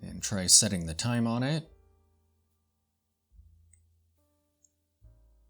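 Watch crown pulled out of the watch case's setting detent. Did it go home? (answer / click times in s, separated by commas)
released / 3.7 s, 4.6 s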